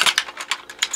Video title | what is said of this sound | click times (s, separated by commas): Brave Fighter of the Sun Fighbird: DX Granbird Review | and lock into place right there | 0.2 s, 0.8 s